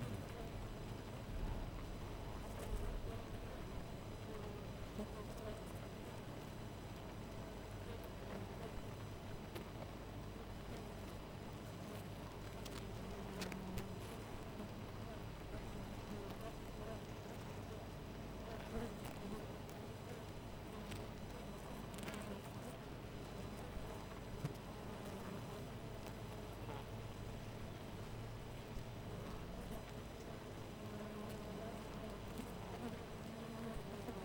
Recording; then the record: honeybee colony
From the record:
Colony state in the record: missing queen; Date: 14 July 2017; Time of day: 4:43